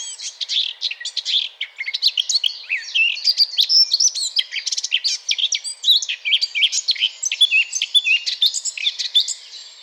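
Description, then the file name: Eurasian blackcap pouring out a dense, scratchy warble of quick, varied notes, steady and without pauses. "Sylvia atricapilla"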